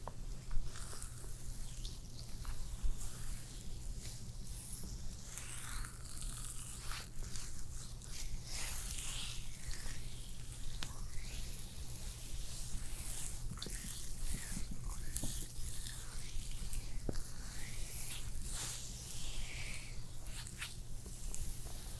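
A first-person spa facial plays out as a layered stream of soft squishing, rubbing and wet patting against the skin, with frequent short crackly bursts in the upper range. A steady low hum runs underneath throughout, and the overall level stays fairly even.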